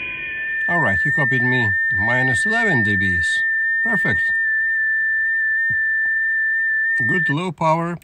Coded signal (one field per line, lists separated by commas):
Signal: FT8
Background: speech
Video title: How to run FT8 mode on Icom IC-705 outdoors and have fun! Beware of RF feedback!